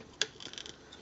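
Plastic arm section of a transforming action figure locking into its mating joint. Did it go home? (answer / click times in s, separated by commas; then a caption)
yes / 0.2 s. A plastic arm section of a Transformers Studio Series Leader Blackout action figure is pressed up into its mating joint during transformation. A sharp plastic click at 0.2 s locks it into place, followed by a few quieter ticks and rubbing sounds. The arm section is seated.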